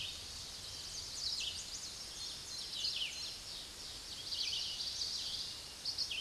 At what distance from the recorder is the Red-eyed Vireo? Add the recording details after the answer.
about 30 m. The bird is about 20 m above the microphone. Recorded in a Pennsylvania forest on 16 May 2024 at 06:10. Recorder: AudioMoth, point MSD-2208. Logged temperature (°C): 15.2 °C. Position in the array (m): 161 m, 68 m